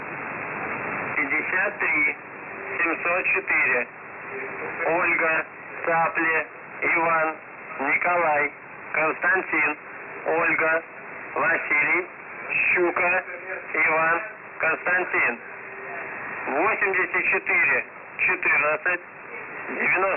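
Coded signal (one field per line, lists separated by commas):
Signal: coded military voice message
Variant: UVB-76, Russian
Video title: Uvb 76/ The buzzer voice message January 5, 2022 12:34 UTC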